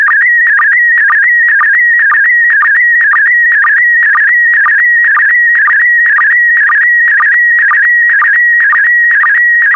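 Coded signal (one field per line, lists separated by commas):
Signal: SSTV (slow-scan television)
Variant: PD120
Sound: warbling tone shifting around two kilohertz, with rapid regular low blips about twice a second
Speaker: 5, 4, 3, 2, 1. Thank you. Transmission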